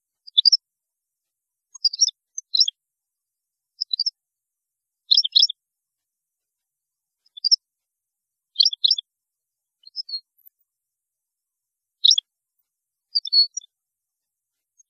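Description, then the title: European goldfinch song in short high twittering bursts spaced throughout, with quiet gaps between each burst; no other sounds. "Chant Chardonneret"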